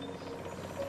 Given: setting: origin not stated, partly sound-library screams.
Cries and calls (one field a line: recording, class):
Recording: one-second piece from a danger detection set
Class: normal situation